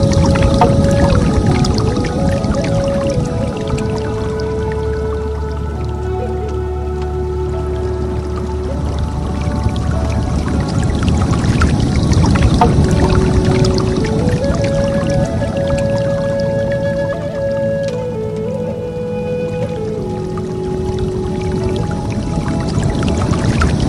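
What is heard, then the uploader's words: Soft, slow piano notes drift in long held tones over a steady rush of flowing water that fills the whole clip. The water stays constant, while the melody moves gently in the middle range without any sudden events. Relaxing Piano Music & Water Sounds.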